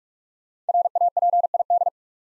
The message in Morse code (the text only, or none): RAPID